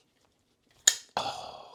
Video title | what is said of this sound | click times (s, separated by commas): Midgards (Bolt Action) Carbine Rifle Knife | okay now click click into place | 0.9 s